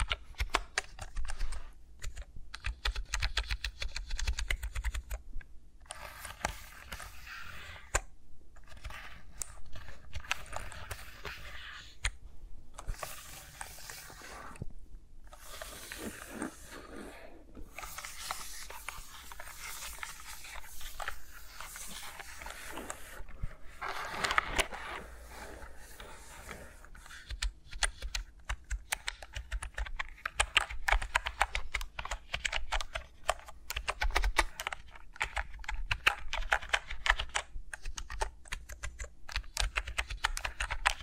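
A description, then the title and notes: Fingers rub and tap around microphones, making dense, crackly clicking like fast typing, broken by brief silent pauses in the first seventeen seconds. ASMR with Mics Around My Fingers (No Talking).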